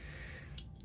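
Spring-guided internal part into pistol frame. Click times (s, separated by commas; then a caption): 0.6 s. A spring and the internal part it wraps around are pushed with a finger up through a hole in an Arex Rex Zero 1 pistol frame until the part clicks into its groove track on the other side. A sharp, bright click is heard at 0.6 s over a low steady background, followed by a fainter tick near 0.8 s. The part is seated in its groove.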